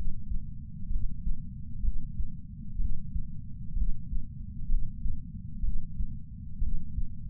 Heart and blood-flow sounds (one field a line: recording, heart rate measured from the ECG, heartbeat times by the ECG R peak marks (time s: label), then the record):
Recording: heart sounds by patch sensor on the chest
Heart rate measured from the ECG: 63 bpm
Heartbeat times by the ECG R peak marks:
0.89 s: heartbeat
1.81 s: heartbeat
2.77 s: heartbeat
3.74 s: heartbeat
4.67 s: heartbeat
5.61 s: heartbeat
6.60 s: heartbeat
From the record:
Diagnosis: coronary artery disease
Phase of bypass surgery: preoperative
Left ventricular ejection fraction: 47%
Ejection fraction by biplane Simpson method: 47.3%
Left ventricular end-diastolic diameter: 51 mm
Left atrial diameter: 32 mm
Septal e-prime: 4.7 cm/s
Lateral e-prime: 7 cm/s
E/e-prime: 9.1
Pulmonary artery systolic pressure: 21 mmHg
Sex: male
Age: 60 years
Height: 174 cm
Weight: 72 kg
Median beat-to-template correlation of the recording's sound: 0.91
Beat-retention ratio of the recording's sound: 0.98